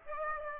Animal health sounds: mosquito wingbeat signal from an infrared sensor; Aedes aegypti

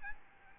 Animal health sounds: mosquito wingbeat signal from an infrared sensor; Aedes albopictus

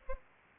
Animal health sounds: mosquito wingbeat signal from an infrared sensor; Anopheles arabiensis

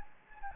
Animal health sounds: mosquito wingbeat signal from an infrared sensor; Anopheles gambiae

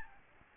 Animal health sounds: mosquito wingbeat signal from an infrared sensor; Aedes albopictus

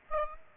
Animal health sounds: mosquito wingbeat signal from an infrared sensor; Aedes aegypti

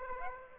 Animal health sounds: mosquito wingbeat signal from an infrared sensor; Aedes aegypti

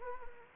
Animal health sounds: mosquito wingbeat signal from an infrared sensor; Anopheles gambiae

